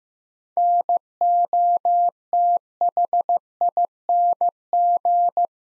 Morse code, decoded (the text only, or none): NOTHING